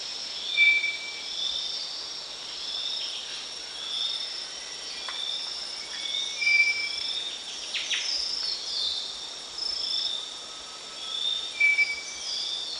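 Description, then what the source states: Maroon-breasted philentoma giving short, clear whistled notes, three spaced about five seconds apart, over a dense, steady chorus of buzzing insects. Recorded at Danum on 1 March 2008.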